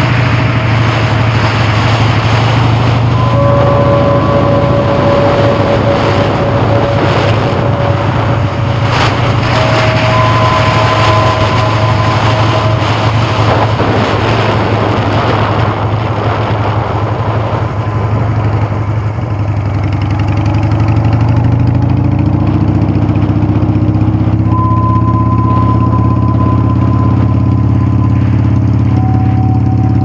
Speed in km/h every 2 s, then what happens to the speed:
34, 37, 37, 39, 34, 32, 34, 27, 19, 24, 26, 34, 35, 31, 32.
4-16 slows to 19. 16-21 speeds up to 34. 21-30 steady at about 32.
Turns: 7-11, 11-19.